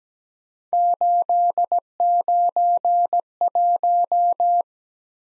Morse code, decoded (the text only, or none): 891